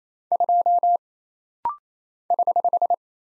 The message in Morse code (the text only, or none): 2 <HH>